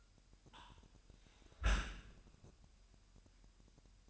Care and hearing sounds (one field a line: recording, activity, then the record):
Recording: daily activity, microphone in the room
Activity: close dishwasher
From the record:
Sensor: 2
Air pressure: 998.2 hPa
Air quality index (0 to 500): 147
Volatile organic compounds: 4 ppm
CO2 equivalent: 1663 ppm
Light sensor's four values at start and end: 10/30/12/11 and 10/30/12/11